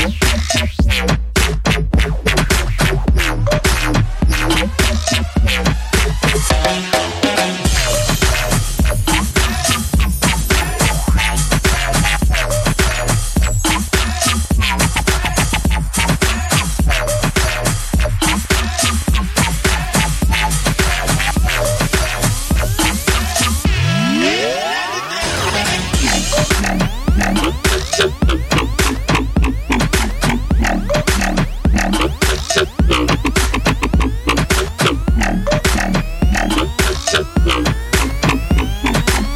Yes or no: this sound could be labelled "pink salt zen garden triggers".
no